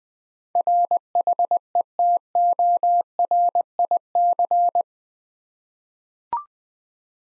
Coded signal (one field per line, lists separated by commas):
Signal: Morse code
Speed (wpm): 21 wpm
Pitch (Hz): 700 Hz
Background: none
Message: RHETORIC